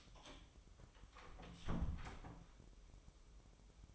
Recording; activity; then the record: daily activity, microphone in the room; close door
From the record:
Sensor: 1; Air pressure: 1005.0 hPa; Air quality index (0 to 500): 88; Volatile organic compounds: 2 ppm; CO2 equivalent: 1194 ppm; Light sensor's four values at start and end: 10/24/9/10 and 10/24/9/10